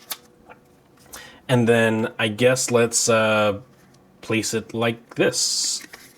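A plastic/TPU protective case half is positioned and pressed onto a Z Flip 7 folding flip phone. A few faint handling taps and rustles occur around 0.1, 0.5 and 1.1 seconds, then someone talks for most of the rest of the clip. Nothing has seated or clicked yet; the case half has not snapped into place.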